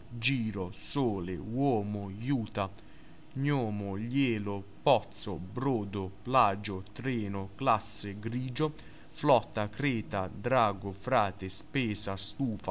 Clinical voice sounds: read list of words; Italian; male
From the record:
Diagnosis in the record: healthy control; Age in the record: 19 years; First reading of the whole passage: 43 s, 12.0 characters per second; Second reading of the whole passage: 41 s, 12.5 characters per second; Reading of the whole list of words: 37 s, 7.7 characters per second

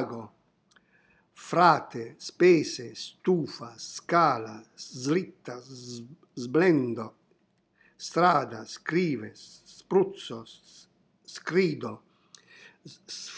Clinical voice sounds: read list of words; Italian; male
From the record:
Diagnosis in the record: healthy control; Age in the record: 70 years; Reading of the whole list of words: 64 s, 3.8 characters per second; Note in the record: marked for poor recording quality or reading difficulty

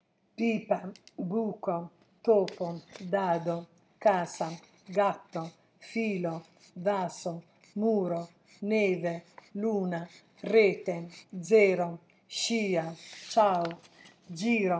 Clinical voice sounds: read list of words; Italian; female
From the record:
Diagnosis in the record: healthy control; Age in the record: 69 years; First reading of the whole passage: 57 s, 9.1 characters per second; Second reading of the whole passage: 50 s, 10.4 characters per second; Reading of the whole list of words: 47 s, 6.0 characters per second

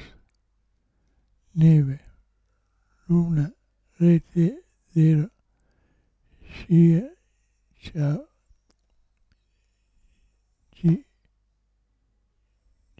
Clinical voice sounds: read list of words; Italian; male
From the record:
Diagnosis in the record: Parkinson's disease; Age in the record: 65 years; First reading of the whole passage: 164 s, 3.2 characters per second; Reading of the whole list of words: 151 s, 1.9 characters per second

